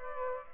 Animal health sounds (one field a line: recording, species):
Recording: mosquito wingbeat signal from an infrared sensor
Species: Aedes aegypti